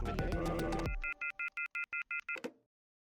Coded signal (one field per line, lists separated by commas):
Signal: telephone call progress tone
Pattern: off-hook warning tone